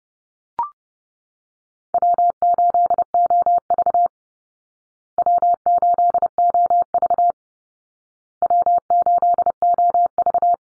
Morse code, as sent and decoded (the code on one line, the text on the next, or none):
.-- ---.. --- ...- / .-- ---.. --- ...- / .-- ---.. --- ...-
W8OV W8OV W8OV